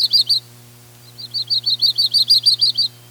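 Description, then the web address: Yellow-rumped warbler song: a brief burst of a few bright chirps, a pause, then a steady musical trill of many notes, over a low constant hum. 2 May 1988. "radio 1988-05-02 Yellow-rumped Warbler"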